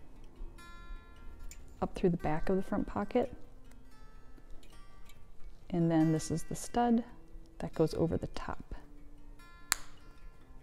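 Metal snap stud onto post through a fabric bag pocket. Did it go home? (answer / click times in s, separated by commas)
yes / 9.7 s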